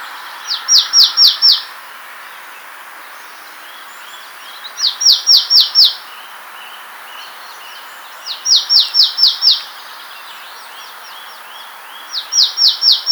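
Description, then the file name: Marsh tit repeating short bursts of five or six fast, high, down-slurred chips about every three and a half seconds, four bursts in all, over soft background noise. "Poecile palustris"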